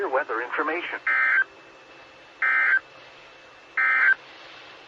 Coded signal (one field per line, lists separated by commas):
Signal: Emergency Alert System (SAME) tones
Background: speech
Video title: 2019-03-09 - W5RHS SKYWARN Repeater System 147.1200 and 146.8050 MHz